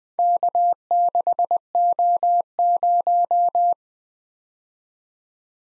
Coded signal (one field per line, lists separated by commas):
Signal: Morse code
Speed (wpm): 20 wpm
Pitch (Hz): 700 Hz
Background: none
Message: K6O0